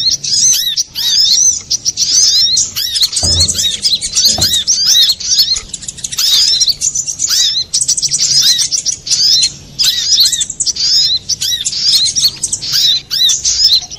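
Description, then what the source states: Little spiderhunter song: long run of shrill, fast twittering bursts with short gaps, plus two dull low thuds early on. Master recording for training cage birds.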